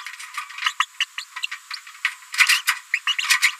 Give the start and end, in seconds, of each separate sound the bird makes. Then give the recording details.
0.66-0.73, 0.80-0.86, 1.00-1.04, 1.18-1.25, 1.42-1.46, 1.73-1.77, 2.93-2.98, 3.07-3.14, 3.18-3.23, 3.42-3.52. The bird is a female. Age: 30 days. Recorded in a nest box in Venezuela. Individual 17B73B2